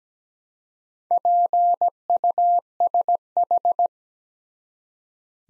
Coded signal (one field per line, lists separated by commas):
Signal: Morse code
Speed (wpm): 17 wpm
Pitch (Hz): 700 Hz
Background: none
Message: PUSH